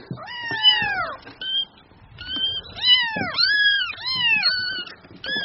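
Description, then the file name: Cat: kitten meows overlapping, long wavering mews running into one another with little gap, some held. Kitten, mewing in a whiny, endearing way. "Tieng meo con keu nung niu de thuong"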